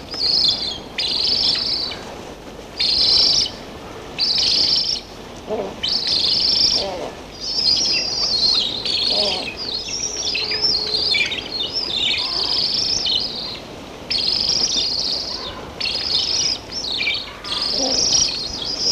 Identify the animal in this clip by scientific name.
Threskiornis melanocephalus